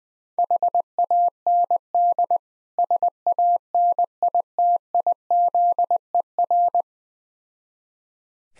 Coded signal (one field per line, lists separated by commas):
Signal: Morse code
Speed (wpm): 20 wpm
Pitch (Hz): 700 Hz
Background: none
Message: HAND SANITIZER